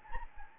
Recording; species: mosquito wingbeat signal from an infrared sensor; Anopheles gambiae